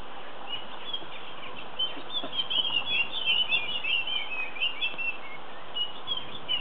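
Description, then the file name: Puff-throated babbler calls, a busy stream of short high chirping and whistled notes, overlapping and uneven, over a steady background hiss. Subspecies nandi. "Pellorneumruficeps nandi"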